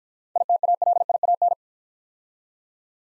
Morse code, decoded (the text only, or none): ITALIAN